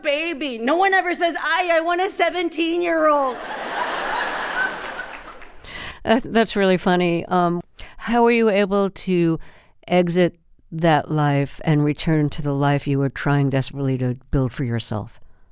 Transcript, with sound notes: No one ever says, aye, I want a 17-year-old.
(LAUGHTER)
That's really funny. How were you able to exit that life and return to the life you were trying desperately to build for yourself?